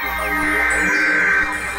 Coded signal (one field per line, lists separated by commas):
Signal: Emergency Alert System (SAME) tones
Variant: header bursts